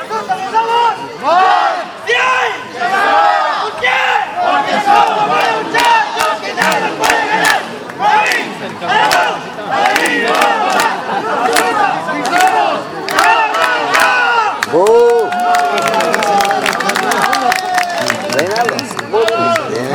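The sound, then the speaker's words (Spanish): The cheering section of the La Asunta Luis Ramos school shouts a battle cry in unison to encourage its dancers at a festival, loud and sustained, with many voices rising and falling in rhythmic bursts, scattered claps and sharp calls cutting through the roar. “Ese fue el grito de guerra que alienta a sus bailarines.”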